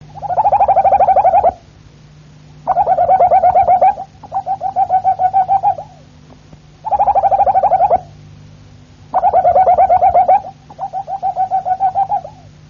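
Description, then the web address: Harz Roller canary song: low, mellow rolling trills in bursts of one to two seconds, separated by short pauses, over a steady low hum. "canarios cantoharz"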